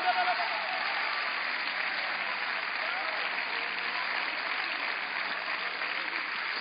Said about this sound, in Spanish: Si usted cree que somos la misma iglesia del libro de Hechos, si creen que somos la misma iglesia de esta palabra, ¿por qué no le da un aplauso y un grito a Dios?